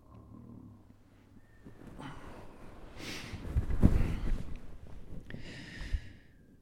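Snoring from an adult sleeper at night.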